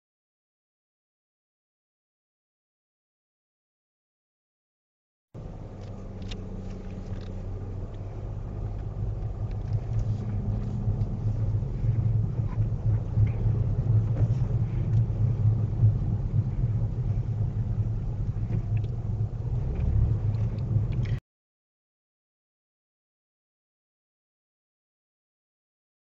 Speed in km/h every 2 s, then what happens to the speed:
0, 0, 0, 5, 10, 11, 15, 11, 8, 13, 13, 13, 13.
0-5 standing. 5-11 pulls away to 15. 11-26 steady at about 13.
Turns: none.